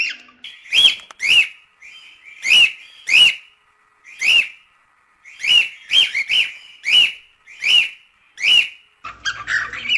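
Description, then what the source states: Cockatiel whistled song: a string of sharp whistles, given singly and in quick pairs, ending in a short harsh sound. Song of a lutino colour variety cockatiel.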